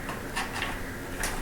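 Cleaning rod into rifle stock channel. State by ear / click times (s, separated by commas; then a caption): not seated / none. A steel cleaning rod is slid into its channel under the barrel of a Russian SVT-40 rifle, before the tab is pressed to lock it. Only faint, light ticking and scraping are heard, with soft bursts near 0.4, 0.6 and 1.2 seconds. Nothing has clicked or locked yet.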